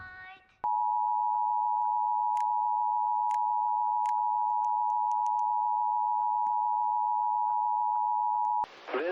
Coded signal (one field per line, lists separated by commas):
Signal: Emergency Alert System (SAME) tones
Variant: 853 and 960 Hz attention tone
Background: speech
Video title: IP - Snow SQUAIL Warning(S) - No EAS